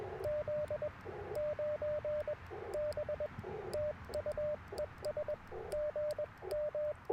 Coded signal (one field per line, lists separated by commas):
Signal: Morse code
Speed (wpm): 21 wpm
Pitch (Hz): 590 Hz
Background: radio noise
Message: Z9B TU ES GM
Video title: Morning Morse Code at Tuskegee National Forest K-4451 - 11/22/23